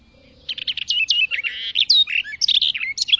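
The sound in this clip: Bird song: a fast, high run of chirps, trills and swooping whistled notes lasting nearly three seconds, with a faint steady low hum beneath.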